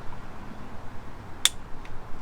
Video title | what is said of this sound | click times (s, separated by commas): MERCEDES BENZ W124 SPARK PLUG INSTALL (Gonna add dielectric grease later.) | See that click? | 1.4 s